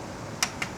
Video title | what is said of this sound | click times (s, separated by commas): JVT Pulley Set and Clutch Bell Installation - ADV 160 Test Ride | click na kagad. | 0.4 s